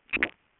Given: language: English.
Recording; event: throat vibration sensor signal played as sound; swallow